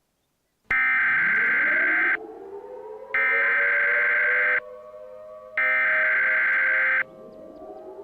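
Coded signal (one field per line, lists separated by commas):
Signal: Emergency Alert System (SAME) tones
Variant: header bursts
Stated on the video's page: Simulated scenario alert for a fictional eruption.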